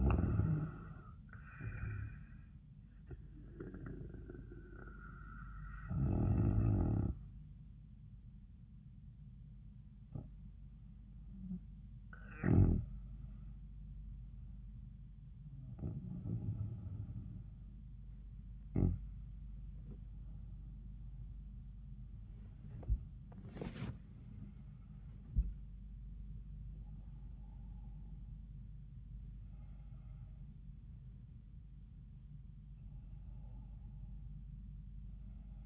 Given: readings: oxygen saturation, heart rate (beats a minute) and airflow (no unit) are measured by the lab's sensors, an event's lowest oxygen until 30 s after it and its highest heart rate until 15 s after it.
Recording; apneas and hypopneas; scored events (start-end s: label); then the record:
breathing in sleep by a smartphone at the bedside; 1
5.00-29.00 s: hypopnea (N1, oxygen 97% highest, then 92% lowest, heart rate 91 at the start, 93 highest)
From the record:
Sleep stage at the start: N1 (lightest sleep); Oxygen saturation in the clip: 88 to 97%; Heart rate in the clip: 80 to 93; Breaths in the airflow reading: 6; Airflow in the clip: -10.0 to 13.9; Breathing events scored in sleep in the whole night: 400 in 8.7 hours asleep